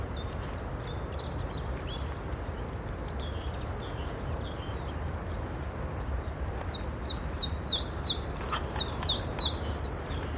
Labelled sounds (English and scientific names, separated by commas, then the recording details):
Common Chiffchaff (Phylloscopus collybita) song
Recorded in the wild
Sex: male
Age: adult
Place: Karower Teiche, Naturpark Barnim, Berlin, DE
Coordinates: 52.622, 13.46
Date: 1993-04-14 10:35
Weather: sonnig
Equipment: Sony WM-D6C, Sennheiser ME 80, K 30 AV, Kopie Tascam 22-2
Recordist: Quaisser, Christiane
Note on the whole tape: Gesang, im Anschluß an Ph. trochilus